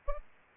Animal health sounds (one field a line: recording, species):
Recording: mosquito wingbeat signal from an infrared sensor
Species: Aedes albopictus